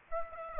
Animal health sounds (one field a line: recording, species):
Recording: mosquito wingbeat signal from an infrared sensor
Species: Aedes aegypti